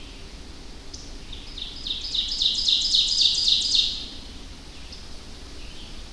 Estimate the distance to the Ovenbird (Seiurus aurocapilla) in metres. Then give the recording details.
about 15 m. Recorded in boreal forest in Alberta, Canada, on 25 June 2016 at 06:14. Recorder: SongMeter 3, array SBT-6-76. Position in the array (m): 28 m, 115 m. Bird 2